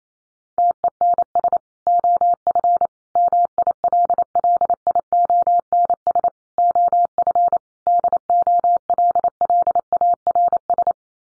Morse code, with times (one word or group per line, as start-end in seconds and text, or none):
0.6-1.6 TENS
1.9-2.9 OF
3.2-6.3 MILLIONS
6.6-7.6 OF
7.9-10.9 DOLLARS